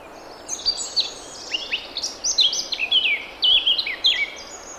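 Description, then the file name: Eurasian blackcap warbling, quick varied high notes and swoops running almost without a break, with a constant hiss behind. "Sylvia atricapilla"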